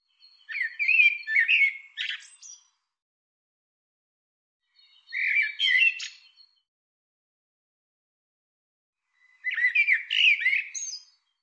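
Bird repeating three chattering, scratchy bursts with mixed whistles, roughly every four seconds with quiet gaps between.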